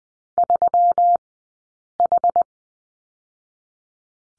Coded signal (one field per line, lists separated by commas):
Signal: Morse code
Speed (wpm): 20 wpm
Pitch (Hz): 700 Hz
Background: none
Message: 3H